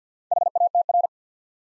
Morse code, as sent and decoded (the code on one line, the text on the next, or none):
.... .- - .-.
HATR